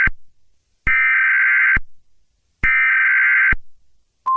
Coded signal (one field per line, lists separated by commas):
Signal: Emergency Alert System (SAME) tones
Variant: header bursts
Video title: Eas scenario toppat invation